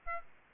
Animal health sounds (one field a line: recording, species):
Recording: mosquito wingbeat signal from an infrared sensor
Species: Aedes albopictus